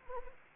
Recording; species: mosquito wingbeat signal from an infrared sensor; Anopheles arabiensis